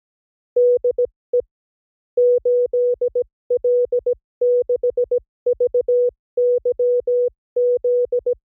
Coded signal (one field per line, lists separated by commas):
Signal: Morse code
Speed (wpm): 17 wpm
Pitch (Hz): 490 Hz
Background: music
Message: DE 8L6VYZ